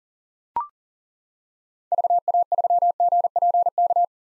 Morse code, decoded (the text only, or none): VA3GPK